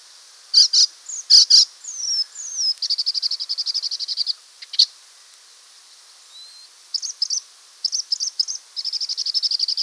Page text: Icterine Warbler Song. Quick Sounds